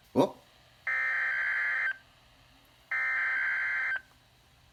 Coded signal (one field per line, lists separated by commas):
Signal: Emergency Alert System (SAME) tones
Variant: header bursts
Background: speech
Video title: Required weekly test EAS#84